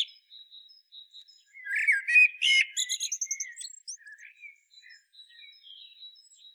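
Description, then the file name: Common blackbird song phrase: rich low whistles that turn into a rapid, thin twitter, with faint high notes before and after. "Turdus merula"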